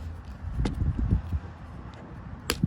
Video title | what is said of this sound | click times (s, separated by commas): CyberTruck Tail Gate Removal & Installation | slide it down until it clicks. There | 2.5 s